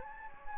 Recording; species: mosquito wingbeat signal from an infrared sensor; Anopheles gambiae